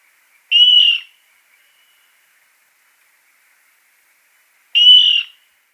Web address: Schulze Peter Water Rail display